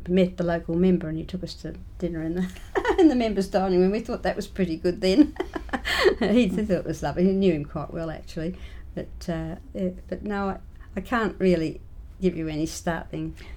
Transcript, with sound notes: met the local member and he took us to dinner in the Members Dining Room, we thought that was pretty good then. [laughs] He thought it was lovely. He knew him quite well actually. No I can’t really give you any startling…